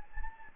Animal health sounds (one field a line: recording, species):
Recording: mosquito wingbeat signal from an infrared sensor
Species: Anopheles gambiae